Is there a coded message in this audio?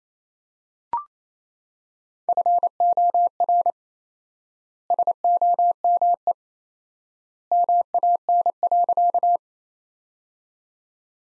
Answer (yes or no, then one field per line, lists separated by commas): yes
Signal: Morse code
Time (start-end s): 2.3-9.4 s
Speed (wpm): 27 wpm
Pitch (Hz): 700 Hz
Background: none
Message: FOR SOME MAN.